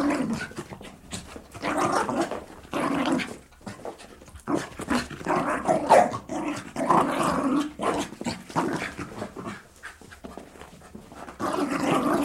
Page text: Sound Effects-BBC. Jack Russell/Corgi cross, interior, leaping around playing & barking, loud barking